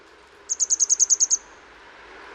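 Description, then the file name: Grey wagtail calling with a quick string of eight crisp, very high notes, evenly spaced, over low steady noise. Recorded in Utrecht. "Grote gele kwikstaart in Utrecht - luc de bruijn"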